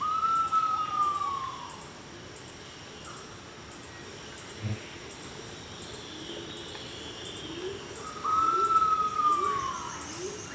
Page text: Niels Krabbe - Фазановый голубь (Otidiphaps nobilis)